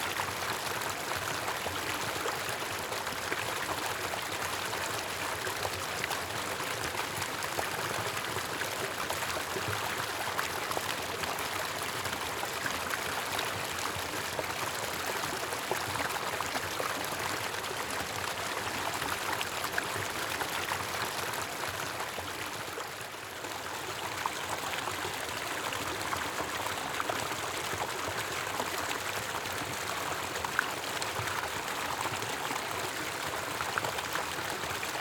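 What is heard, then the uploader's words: A tiny stream spills over a small waterfall, a dense, steady rush of splashing water. The hiss stays bright and even throughout, with only a brief softening around the twenty-three second mark before the flow resumes unchanged. Tiny Stream Waterfall.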